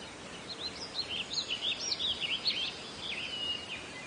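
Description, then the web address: Bird song, a lively string of high twittering, warbling notes with rapid pitch swoops, set against constant background noise. Birdsong in nature. "Meng Jun Bo. 自然-鸟鸣"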